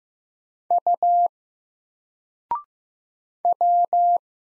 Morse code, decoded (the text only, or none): U W